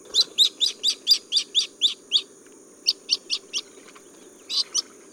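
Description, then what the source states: Jacana calls: sharp, high, scratchy notes in a quick run of nine, a pause, then shorter bursts of four and two. Jacanas, also called lily trotters; females compete over territories holding several males half their size, and the males do all the childcare.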